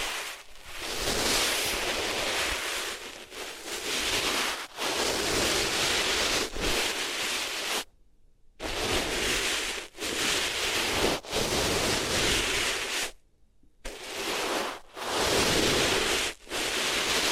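Ears being rubbed against different materials make a dense, rushing, hissy sound with low thumping rumble underneath. Strokes come in uneven bursts of one to two seconds, separated by brief gaps, with full silence near 8 and 13.5 seconds.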